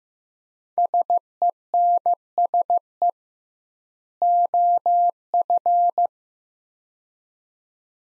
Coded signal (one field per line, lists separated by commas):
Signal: Morse code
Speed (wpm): 15 wpm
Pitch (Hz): 700 Hz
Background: none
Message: SENSE OF